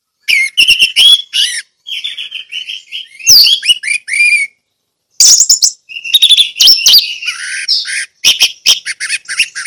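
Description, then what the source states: Orange-headed thrush song: loud, varied bursts of sweet whistles and harsh buzzy notes, delivered in phrases with short pauses between them and no other sounds. Song delivered in the ngeplong style.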